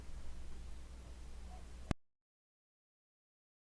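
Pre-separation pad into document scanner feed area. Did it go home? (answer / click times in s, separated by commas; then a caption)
no / none. A new pre-separation pad, a plastic part with a rubber pad, is pushed by hand into its holder in the feed area of a Kodak i4000 document scanner. A steady low hum runs under faint handling noise, and a single sharp tap comes at 1.9 s before the sound cuts to silence. The pad is handled but has not snapped into place yet.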